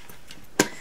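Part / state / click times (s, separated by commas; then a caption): plastic lid or utensil clipping onto a salad bowl / seated / 0.6 s. A plastic lid or utensil, the serving spoon or fork stored on the lid, clips onto a salad bowl with a built-in ice pack. After faint handling ticks, a single sharp plastic snap sounds at 0.6 s. The part is clipped fully in place.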